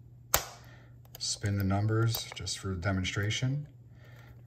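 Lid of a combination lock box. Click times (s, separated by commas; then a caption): 0.3 s. The metal lid of a combination lock box is closed again and shuts with a single sharp snap at 0.3 s. Afterward someone talks.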